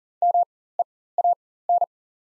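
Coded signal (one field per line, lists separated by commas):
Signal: Morse code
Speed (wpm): 40 wpm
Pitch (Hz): 700 Hz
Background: none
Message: MEAN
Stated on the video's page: Practice set of top 300 words at 40 wpm with 4x character spacing (Farnsworth timing).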